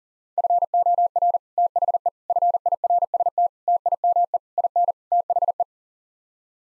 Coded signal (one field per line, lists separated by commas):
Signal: Morse code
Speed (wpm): 40 wpm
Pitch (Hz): 700 Hz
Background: none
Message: FOR THE FIRST TIME IN THE